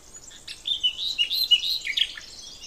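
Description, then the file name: Common nightingale singing a short, rich, varied phrase of quick warbled and chattering notes, fairly loud against a quiet background. "Luscinia megarhynchos"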